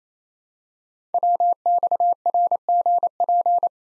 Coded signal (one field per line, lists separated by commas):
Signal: Morse code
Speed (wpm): 27 wpm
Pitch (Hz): 700 Hz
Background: none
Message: WXRGP